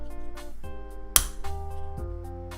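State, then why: Seated. A plastic part is pushed onto the body of a Blokees Transformers Prime Optimus (Action Edition 06) model-kit figure while music plays in the background. It seats with a single loud, sharp snap at 1.2 s, and the part is firmly in place.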